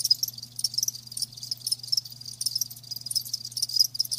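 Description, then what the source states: Crickets chirping in rapid high-pitched pulsed bursts in an overlapping chorus, over a steady low hum. Live crickets chirping, presented as a lulling sleep sound.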